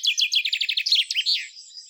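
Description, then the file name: Common chaffinch singing a fast run of sharp descending notes that tumbles lower and closes with a short emphatic flourish, heard loudly against a quiet background. "Fringilla coelebs"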